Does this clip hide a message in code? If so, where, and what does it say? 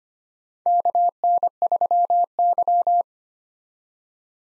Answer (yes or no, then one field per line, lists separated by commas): yes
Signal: Morse code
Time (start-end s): 0.7-3.0 s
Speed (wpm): 25 wpm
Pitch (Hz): 700 Hz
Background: none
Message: KN3Y